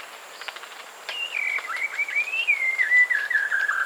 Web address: shama sound